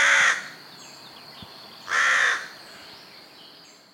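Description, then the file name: Carrion crow cawing: two harsh, drawn-out caws about two seconds apart, with faint thin calls from other birds in the background. "Corvus corone"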